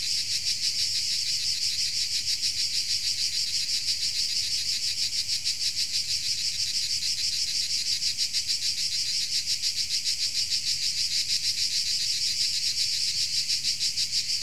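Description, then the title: Insect chorus of high, even pulsing trills repeating roughly three times per second, continuous and unchanging, over a soft low hum. Insects recorded in Tuscany. "Under Tuscan Bugs"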